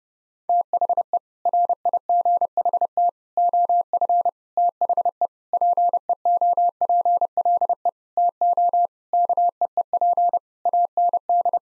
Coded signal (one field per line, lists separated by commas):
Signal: Morse code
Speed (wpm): 30 wpm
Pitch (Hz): 700 Hz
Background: none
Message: THE RIGHT OF THE PEOPLE TO KEEP AND